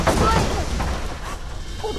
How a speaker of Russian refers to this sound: Подземный толчок. Автобус встряхивает.